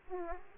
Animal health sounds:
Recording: mosquito wingbeat signal from an infrared sensor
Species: Aedes aegypti

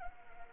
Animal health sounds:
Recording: mosquito wingbeat signal from an infrared sensor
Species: Anopheles arabiensis

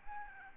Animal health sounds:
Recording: mosquito wingbeat signal from an infrared sensor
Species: Aedes albopictus

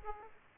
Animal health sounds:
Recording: mosquito wingbeat signal from an infrared sensor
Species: Aedes aegypti

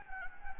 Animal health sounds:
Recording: mosquito wingbeat signal from an infrared sensor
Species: Anopheles gambiae

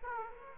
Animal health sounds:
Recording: mosquito wingbeat signal from an infrared sensor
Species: Aedes aegypti

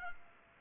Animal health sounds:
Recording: mosquito wingbeat signal from an infrared sensor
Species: Culex pipiens

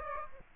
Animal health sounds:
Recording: mosquito wingbeat signal from an infrared sensor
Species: Aedes aegypti

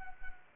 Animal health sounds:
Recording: mosquito wingbeat signal from an infrared sensor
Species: Anopheles arabiensis

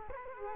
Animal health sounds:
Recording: mosquito wingbeat signal from an infrared sensor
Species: Culex quinquefasciatus

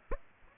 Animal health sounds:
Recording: mosquito wingbeat signal from an infrared sensor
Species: Aedes aegypti

